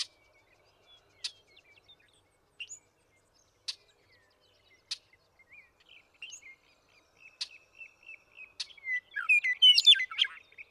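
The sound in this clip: Western meadowlark song: scattered ticks and faint chirps, then a loud, gurgling, whistled phrase near the close.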